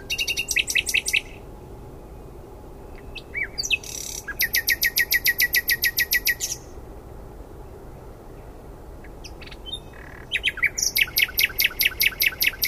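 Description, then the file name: Common nightingale song: separate phrases of rapid, evenly repeated sharp notes, a short burst at the start, a long rattling series midway, and another run near the end. "Luscinia megarhynchos"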